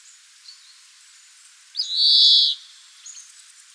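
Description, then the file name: European greenfinch giving a single drawn-out, nasal buzzy wheeze lasting under a second, with faint scattered chirps from other birds before and after. "Chloris chloris"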